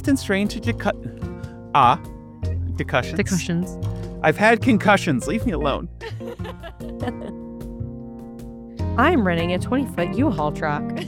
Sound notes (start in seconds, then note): 3.2 laughing; 6.0 laughing